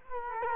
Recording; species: mosquito wingbeat signal from an infrared sensor; Culex quinquefasciatus